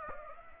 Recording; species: mosquito wingbeat signal from an infrared sensor; Aedes aegypti